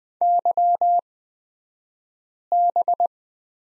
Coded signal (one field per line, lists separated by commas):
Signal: Morse code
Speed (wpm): 20 wpm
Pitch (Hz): 700 Hz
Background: none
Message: YB